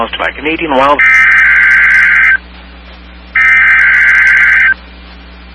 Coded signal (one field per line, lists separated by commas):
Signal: Emergency Alert System (SAME) tones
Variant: header bursts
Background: speech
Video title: EAS 4450-4454: Weekly Tests From 05/10/23